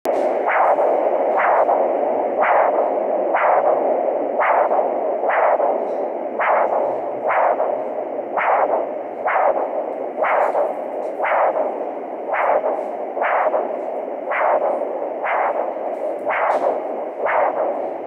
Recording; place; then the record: Doppler ultrasound of blood flow; carotid artery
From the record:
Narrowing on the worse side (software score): moderate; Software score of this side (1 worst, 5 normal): 3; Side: left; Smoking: never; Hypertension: no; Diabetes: no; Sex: male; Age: 56 years